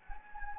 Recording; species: mosquito wingbeat signal from an infrared sensor; Anopheles gambiae